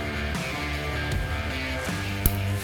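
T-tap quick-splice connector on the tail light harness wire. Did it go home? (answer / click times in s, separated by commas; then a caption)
yes / 2.3 s. A plastic T-tap quick-splice connector is slid over the bulb harness wire on a 2017–2022 Super Duty tail light harness and pushed down, while music plays throughout. A sharp click at 2.3 s marks the connector snapping shut over the wire, fully seated.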